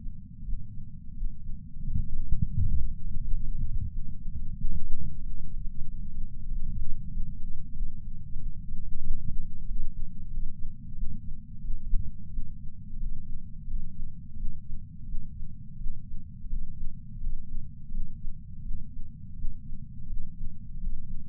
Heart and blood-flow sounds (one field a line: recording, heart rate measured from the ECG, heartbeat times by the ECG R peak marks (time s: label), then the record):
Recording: heart sounds by patch sensor on the chest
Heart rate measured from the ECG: 88 bpm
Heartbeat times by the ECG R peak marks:
0.45 s: heartbeat
1.16 s: heartbeat
1.86 s: heartbeat
2.55 s: heartbeat
3.23 s: heartbeat
3.90 s: heartbeat
4.57 s: heartbeat
5.22 s: heartbeat
5.86 s: heartbeat
6.49 s: heartbeat
7.12 s: heartbeat
7.75 s: heartbeat
8.38 s: heartbeat
9.02 s: heartbeat
9.67 s: heartbeat
10.31 s: heartbeat
10.96 s: heartbeat
11.62 s: heartbeat
12.31 s: heartbeat
12.99 s: heartbeat
13.68 s: heartbeat
14.37 s: heartbeat
15.07 s: heartbeat
15.78 s: heartbeat
16.49 s: heartbeat
17.20 s: heartbeat
17.92 s: heartbeat
18.63 s: heartbeat
19.37 s: heartbeat
20.09 s: heartbeat
20.80 s: heartbeat
From the record:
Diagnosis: coronary artery disease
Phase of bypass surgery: preoperative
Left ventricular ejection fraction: 50.8%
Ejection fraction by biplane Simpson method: 50%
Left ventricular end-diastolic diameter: 50 mm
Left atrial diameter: 32 mm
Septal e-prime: 7.2 cm/s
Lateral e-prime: 9.1 cm/s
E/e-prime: 8.5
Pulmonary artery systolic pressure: 23 mmHg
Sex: male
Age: 65 years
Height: 170 cm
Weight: 65 kg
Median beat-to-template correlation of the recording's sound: 0.75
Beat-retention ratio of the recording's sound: 0.96